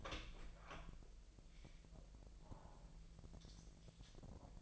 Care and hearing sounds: daily activity, microphone in the room; open door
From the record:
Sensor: 5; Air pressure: 1001.5 hPa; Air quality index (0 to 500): 250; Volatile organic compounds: 35 ppm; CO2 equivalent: 3054 ppm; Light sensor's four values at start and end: 39/92/37/36 and 39/91/37/36

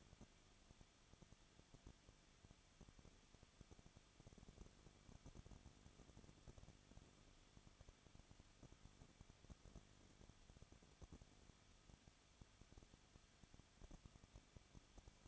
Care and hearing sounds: daily activity, microphone in the room; no activity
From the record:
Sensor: 4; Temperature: 23.0 degrees Celsius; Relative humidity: 34.0%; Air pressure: 1007.3 hPa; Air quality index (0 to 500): 215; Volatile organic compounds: 14 ppm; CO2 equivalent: 2475 ppm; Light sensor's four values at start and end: 2/3/1/1 and 2/3/1/1

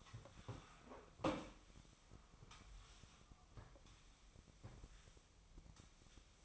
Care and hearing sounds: daily activity, microphone in the room; sweep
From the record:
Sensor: 1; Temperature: 24.0 degrees Celsius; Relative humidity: 35.2%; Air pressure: 1004.7 hPa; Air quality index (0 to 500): 97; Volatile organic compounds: 3 ppm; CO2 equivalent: 1324 ppm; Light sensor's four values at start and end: 6/15/6/6 and 9/21/8/9

